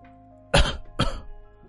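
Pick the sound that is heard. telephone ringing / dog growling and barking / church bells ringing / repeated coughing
repeated coughing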